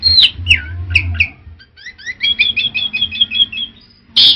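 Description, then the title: Orange-headed thrush song: descending slurred whistles followed by a fast even trill of repeated paired notes, ending in a harsh burst. Prolific, tireless champion singer. "Suara Burung Anis Merah Gacor Teler Doyorng Juara"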